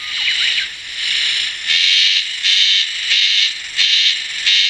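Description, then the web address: Insect calling in high, harsh buzzing pulses, steadily repeated about one and a half times a second after a softer opening. "cats sikioto insect"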